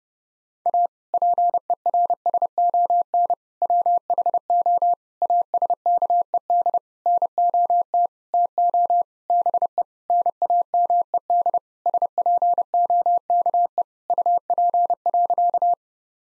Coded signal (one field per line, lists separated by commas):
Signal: Morse code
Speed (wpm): 30 wpm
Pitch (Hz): 700 Hz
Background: none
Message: A PERSON WHO ASKED NOT TO BE NAMED SPOKE UP.